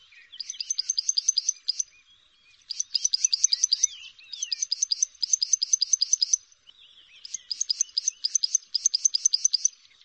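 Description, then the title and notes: Bar-winged prinia song: bursts of rapid, sharp, high chipping notes, repeated after brief pauses, with softer twittering between. Full song, including the rolling continuous style locally called ngerol. "Suara Kicau Burung Prenjak Lengkap dan Ngerol"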